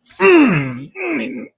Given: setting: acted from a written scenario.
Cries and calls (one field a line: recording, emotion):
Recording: vocal sound without words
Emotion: pain